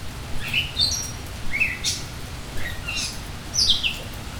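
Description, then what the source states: Bird chirping in quick, high, sharp notes that sweep downward, given in small clusters every second or so over steady rain noise. Heard in rain.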